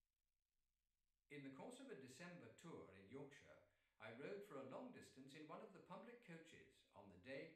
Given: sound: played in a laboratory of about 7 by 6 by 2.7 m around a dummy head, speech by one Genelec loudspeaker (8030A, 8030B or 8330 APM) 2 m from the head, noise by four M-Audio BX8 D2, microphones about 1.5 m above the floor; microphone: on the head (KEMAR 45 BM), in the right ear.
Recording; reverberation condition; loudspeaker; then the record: male speech in English; medium; 150 degrees to the right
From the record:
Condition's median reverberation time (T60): about 510 ms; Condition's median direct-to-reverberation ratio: about -0.5 dB